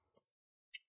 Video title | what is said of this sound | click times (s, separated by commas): How to Upgrade Storage (SSD-HDD) on an HP 15-dw3033dx Laptop - Step by Step💻 | you want to hear those clicking otherwise it's not going to open | 0.2 s, 0.8 s